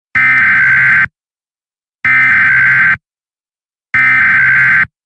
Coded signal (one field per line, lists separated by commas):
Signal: Emergency Alert System (SAME) tones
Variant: header bursts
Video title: Required Weekly Test